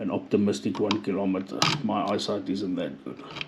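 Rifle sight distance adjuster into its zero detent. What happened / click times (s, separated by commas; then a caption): Handled, not yet home: no seating click before the clip ends / none. Someone talks while handling the distance adjuster on the sight of a Zastava M2010 rifle chambered in .308 Winchester, turning it back toward its zero detent. Only speech and faint handling noise are heard, and nothing has seated or clicked yet.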